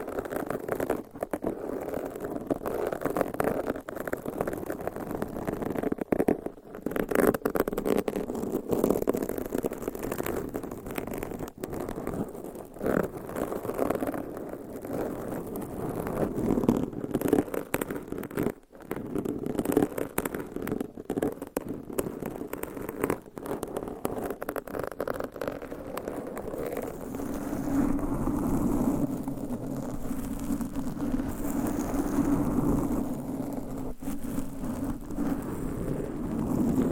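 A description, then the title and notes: Mic scratching runs throughout, a dense, steady rustle and rub concentrated in the low and middle range, with brief tonal whines near the middle. Sharp dropouts break it near 6 and 19 seconds, and the sound grows slightly smoother after about 28 seconds. ASMR Testing Your Tingle Immunity Levels Mic Scratching Edition-Intense Trigger Warning!No Talking.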